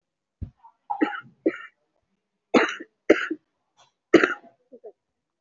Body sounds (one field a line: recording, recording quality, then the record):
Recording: heavy voluntary cough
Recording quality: excellent, no background noise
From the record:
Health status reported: respiratory illness, not identified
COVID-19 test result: negative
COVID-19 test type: RT-PCR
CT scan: not taken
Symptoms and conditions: cough, cold, fatigue, asthma, another respiratory illness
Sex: female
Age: 34 years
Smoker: no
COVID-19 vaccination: none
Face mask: not worn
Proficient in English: no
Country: India